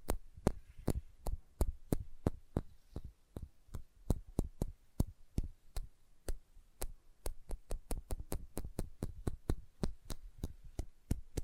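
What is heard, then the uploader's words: Light, sharp taps repeat steadily, about three or four per second, with some falling in quick pairs. Each tap is a crisp click with a soft low thump beneath it, and a faint low hum fills the gaps between strikes. Sensitive Tapping.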